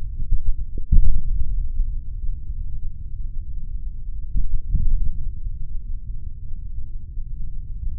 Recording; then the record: forearm muscle sounds (acoustic myography)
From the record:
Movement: index flexion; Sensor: system 3, bracelet of six PUI Audio POM-2738L microphones around the upper forearm, with dedicated amplification and filtering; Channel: 5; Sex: male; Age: 26 years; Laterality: right